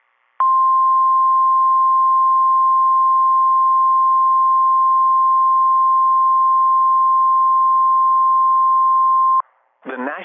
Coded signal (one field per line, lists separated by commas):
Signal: Emergency Alert System (SAME) tones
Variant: 1050 Hz attention tone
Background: speech